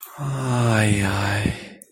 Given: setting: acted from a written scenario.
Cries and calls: vocal sound without words; ecstasy

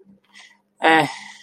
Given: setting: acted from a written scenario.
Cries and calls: vocal sound without words; neutral

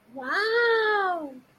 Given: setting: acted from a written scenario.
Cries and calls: vocal sound without words; positive surprise

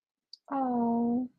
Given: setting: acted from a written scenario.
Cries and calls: vocal sound without words; adoration

